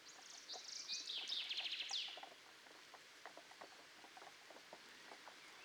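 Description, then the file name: Common chaffinch song: one rapid, descending trilled phrase ending in a flourish, followed by faint scattered ticks and background noise. "Fringilla coelebs"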